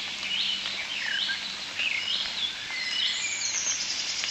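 European starlings calling in a constant chattering stream of short squeaks and slurred notes over a hissing background.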